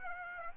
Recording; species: mosquito wingbeat signal from an infrared sensor; Aedes aegypti